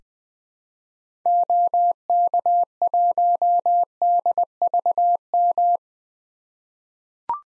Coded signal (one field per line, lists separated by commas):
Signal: Morse code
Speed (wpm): 20 wpm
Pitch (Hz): 700 Hz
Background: none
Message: OK1DVM